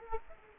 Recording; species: mosquito wingbeat signal from an infrared sensor; Culex quinquefasciatus